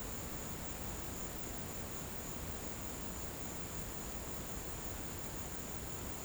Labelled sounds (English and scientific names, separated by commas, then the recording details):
none
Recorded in pastures near Puerto Asís, Putumayo, Colombia, on 21 March 2025 at 15:00
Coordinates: 0.472, -76.329
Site G074